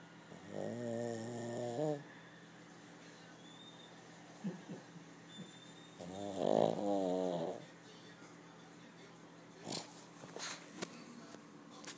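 Two loud, fluttering snores about five seconds apart over quiet breathing: ordinary snoring in a sleeping dog.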